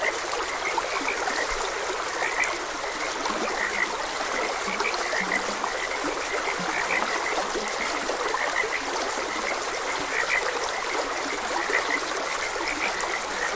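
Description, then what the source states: Frogs croaking steadily in a thick chorus, occasional lower drawn-out croaks standing out, with a stream flowing throughout. Frogs croaking beside a gentle stream.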